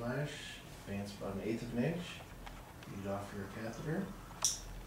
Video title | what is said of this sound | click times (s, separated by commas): J-Loops & IV Start Kits | that, hear the snap. | 4.4 s